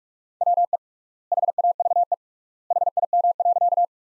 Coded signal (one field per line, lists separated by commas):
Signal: Morse code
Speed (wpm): 46 wpm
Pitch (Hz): 700 Hz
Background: none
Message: WE HAVE HIM.